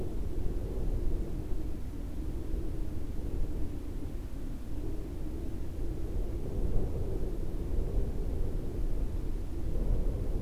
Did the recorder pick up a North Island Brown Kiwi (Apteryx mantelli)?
no